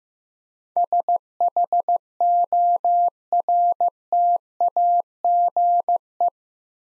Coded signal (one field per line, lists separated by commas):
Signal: Morse code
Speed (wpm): 15 wpm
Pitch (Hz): 700 Hz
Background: none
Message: SHORTAGE